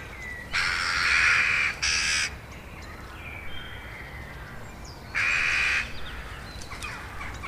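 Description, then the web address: Eurasian jackdaw giving harsh, noisy calls in short bursts, two close together then another after a pause, with faint thin whistles between. "agykontroll Madardalok Cd 2. Csóka"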